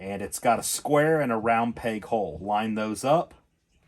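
Someone talks while handling the puck light cord plug, which has square and round pegs, lining it up with the socket on a Lifeline Pet Supplies puppy/kitten pet incubator ICU. Only speech is heard, then quiet at the end. The plug has not yet been pushed in, and nothing has seated or clicked yet.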